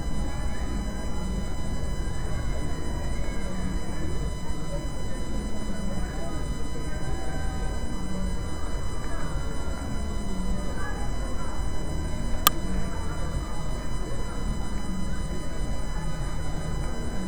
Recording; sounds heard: poultry house recording; healthy chickens